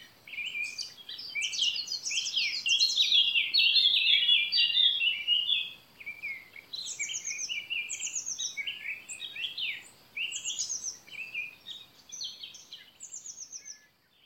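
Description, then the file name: Eurasian blackcap song: a rich, fast warble of varied chattering and whistled notes, loudest early, then softer scratchy phrases with occasional high clear whistles, over faint background hiss. "Sylvia atricapilla"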